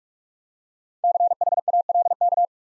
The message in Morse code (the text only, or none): CHALK